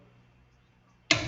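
A click-type torque wrench is pushed down on a wheel lug nut, part of tightening the nuts in a star pattern. After about a second of quiet, a sharp broadband click lands at 1.1 s and rings on briefly, confirming that nut is tightened to torque.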